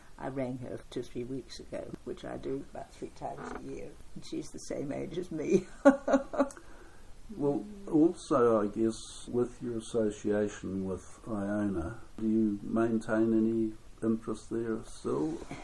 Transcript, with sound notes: I rang her two or three weeks ago which I do about three times a year. And she’s the same age as me. [Chuckle] Well also I guess, with your association with Iona, do you maintain any interest there still?